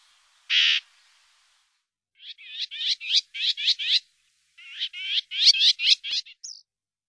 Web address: Fauvette grisette